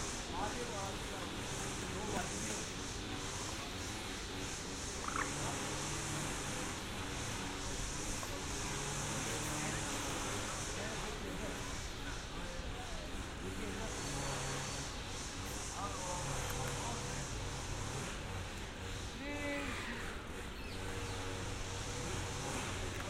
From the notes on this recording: A binaural field recording from this past June in Amsterdam